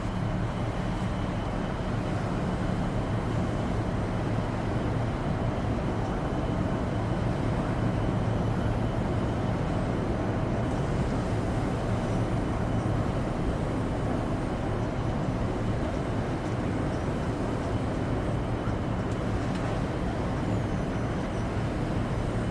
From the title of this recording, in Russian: Атмосфера Кабины Шаттла